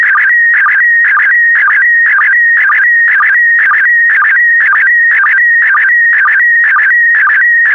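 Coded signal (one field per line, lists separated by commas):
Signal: SSTV (slow-scan television)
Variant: PD120 mode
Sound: steady warbling whistle near 2 kHz, broken by rhythmic low chirps twice a second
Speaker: complete you can now check your decoded image against the picture that is shown on the video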